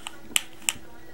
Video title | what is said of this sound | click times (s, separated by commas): Music Bullet Speaker | if you pull it out you'll notice that it dangles but you also heard it click | 0.4 s